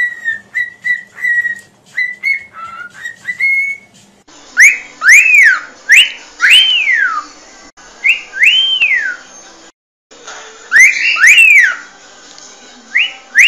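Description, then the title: Cockatiel whistled song: a series of even, level whistled notes, then louder arching upslurred whistles repeated with short breaks. Song intended for training cockatiels. "Canto De 1 Hora Para Treinar Calopsita"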